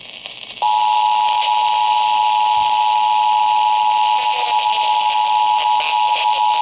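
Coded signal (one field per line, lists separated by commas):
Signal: Emergency Alert System (SAME) tones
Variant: 853 and 960 Hz attention tone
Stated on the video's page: Real EAS alerts from streaming services.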